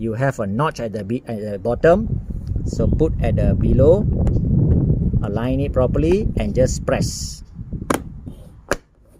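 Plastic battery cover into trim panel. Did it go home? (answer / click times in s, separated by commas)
yes / 7.9 s, 8.7 s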